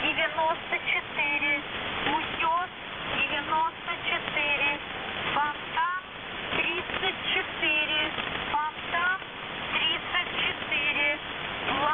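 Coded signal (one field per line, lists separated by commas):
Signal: coded military voice message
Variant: Squeaky Wheel, Russian voice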